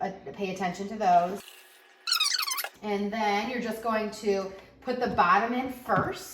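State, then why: Not seated. A plastic water tank is set bottom first into the base of a Baby Brezza Formula Pro Advanced baby formula maker while someone talks. A brief high squeak is heard around 2.1 to 2.7 seconds. The tank has not snapped into place yet, and nothing has seated or clicked.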